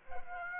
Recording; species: mosquito wingbeat signal from an infrared sensor; Aedes aegypti